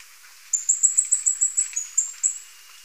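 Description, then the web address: Green-and-black fruiteater calling in a quick series of many very high, thin whistled notes, evenly spaced and mostly steady in pitch, over faint background hiss. Recorded in Ecuador. "Birds of Ecuador. Green-and-black Fruiteater"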